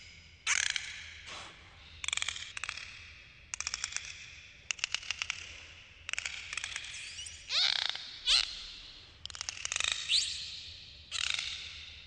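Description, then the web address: Dolphin whistles and click trains, rising and falling whistled sweeps mixed with rapid buzzy pulse bursts, repeated in short bouts over a low underwater hiss. "Epidemic Sound Albums. Dolphin Under Water"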